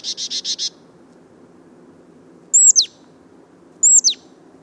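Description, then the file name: Marsh tit calls: a short buzzy burst of five rapid notes, then two sharp high notes that slur steeply downward, spaced over a few seconds. "Poecile palustris"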